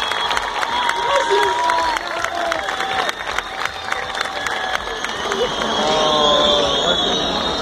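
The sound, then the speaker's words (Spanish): An audience at an event in Argentina claps steadily and loudly while voices cheer and shout over the dense patter of hands, the noise holding strong for several seconds and swelling slightly toward the end. “Muchas gracias, un aplauso y por favor, ojalá ya hayan entendido el mensaje.”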